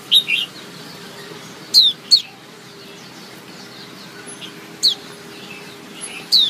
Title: Suara Kicau Pleci Betina Terapi Pleci Mbisu